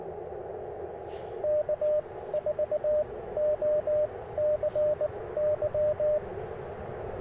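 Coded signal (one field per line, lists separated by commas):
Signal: Morse code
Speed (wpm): 22 wpm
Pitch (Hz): 600 Hz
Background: radio noise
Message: K4OCY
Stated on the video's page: QRP CW Parks on the Air activation on 30 meters with an Icom IC-705 and PackTenna random wire antenna.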